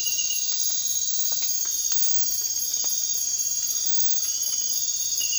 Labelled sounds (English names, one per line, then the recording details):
none
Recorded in dense forest near Puerto Asís, Putumayo, Colombia, on 24 March 2025 at 00:30
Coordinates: 0.503, -76.323
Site GP09